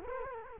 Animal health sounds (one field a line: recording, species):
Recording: mosquito wingbeat signal from an infrared sensor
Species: Culex quinquefasciatus